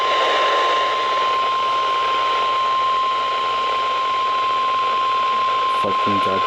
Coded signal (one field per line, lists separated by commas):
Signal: Emergency Alert System (SAME) tones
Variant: 1050 Hz attention tone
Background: speech